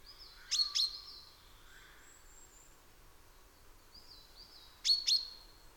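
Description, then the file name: Common chaffinch giving loud doubled 'pink' calls at start and end, with soft sliding whistles and faint chirps in between. "Fringilla coelebs"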